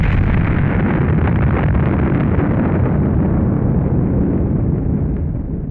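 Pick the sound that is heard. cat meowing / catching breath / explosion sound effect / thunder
explosion sound effect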